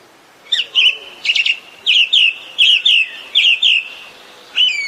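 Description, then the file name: Thrush song: clear whistled notes given in pairs and short groups, with a steady mid-pitched tone running beneath them, repeated for several seconds. "طائر السمنة"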